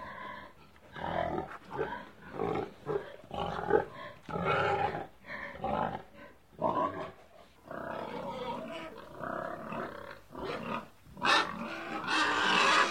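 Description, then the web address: Pig giving a rapid series of short grunts and squeals, bursts of varying length about once a second, growing harsher and higher-pitched towards the end. "pigs animal sounds 04-pig"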